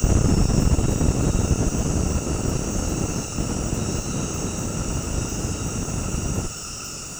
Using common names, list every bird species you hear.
none